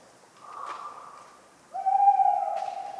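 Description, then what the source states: Tawny owl hooting: a faint higher tone first, then a strong steady hoot starting midway and still sounding when it cuts off. Talkative tawny owl on a cold autumn night, 11 November 1995, Ménigoute, France; acorns falling regularly.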